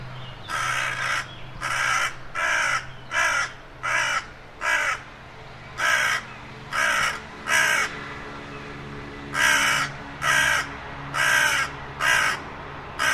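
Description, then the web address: Bird cawing repeatedly, many rough, harsh calls in an uneven series about once a second, with a faint low hum beneath. "cianscape. Deverinetal. Bird Only"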